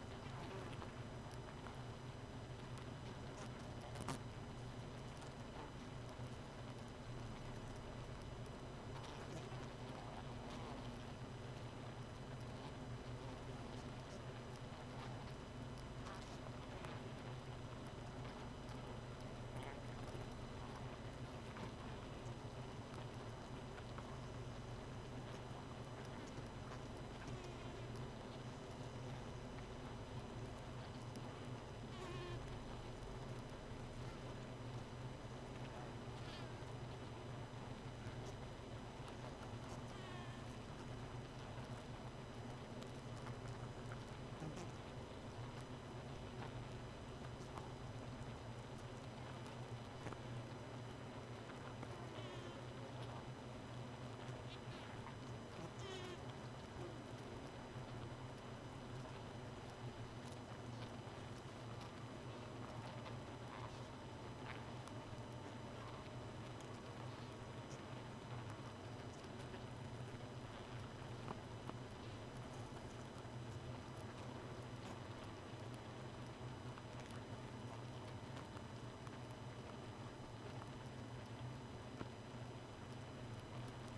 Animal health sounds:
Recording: honeybee colony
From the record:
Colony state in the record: missing queen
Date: 31 May 2018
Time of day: 0:55

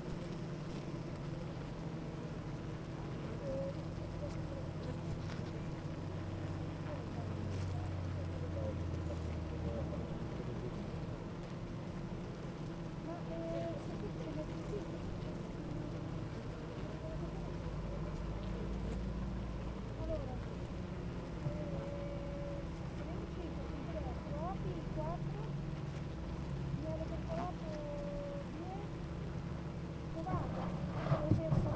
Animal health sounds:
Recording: honeybee colony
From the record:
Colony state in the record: active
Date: 28 July 2017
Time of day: 8:31

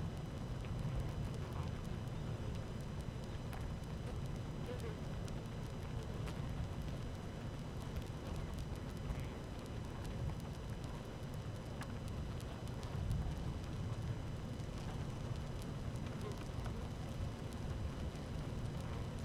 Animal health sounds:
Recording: honeybee colony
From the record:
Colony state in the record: active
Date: 12 June 2018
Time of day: 13:30

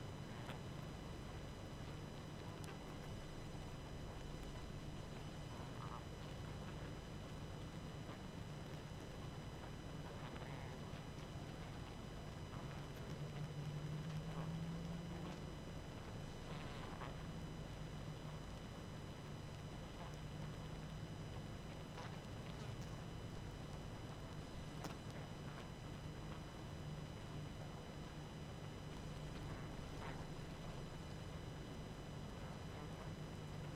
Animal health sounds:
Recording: honeybee colony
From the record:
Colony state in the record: active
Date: 12 June 2018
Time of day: 21:05

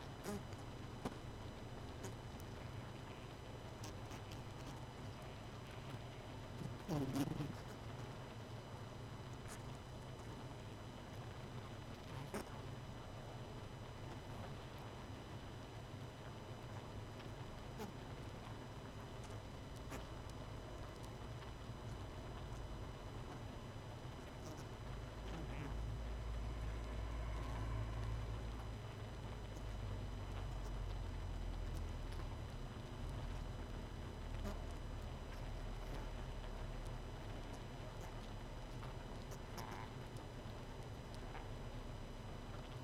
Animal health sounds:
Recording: honeybee colony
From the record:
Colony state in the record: missing queen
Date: 31 May 2018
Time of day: 22:55

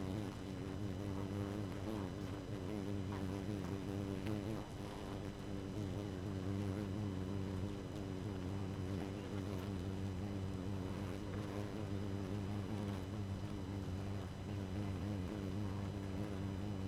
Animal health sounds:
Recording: honeybee colony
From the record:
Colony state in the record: active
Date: 12 June 2018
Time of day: 2:59

